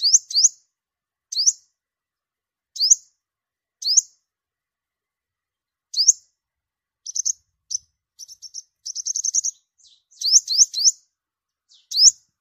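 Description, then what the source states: A sunbird repeats sharp rising chips, then breaks into a rapid stuttering series and a short trill before the chips return. Vietnamese name: hút mật 5 màu, the five-colour sunbird.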